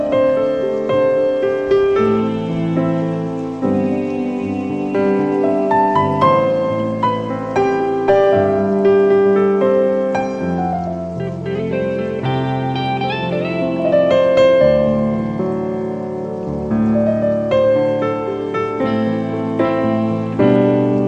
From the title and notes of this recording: Cloud Jazz Sessions Nº 1: Smooth Jazz & Rain.